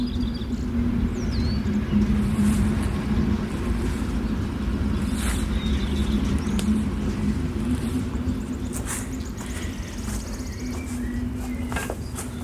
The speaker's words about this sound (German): Da unten ist eine Straße. Ein Auto.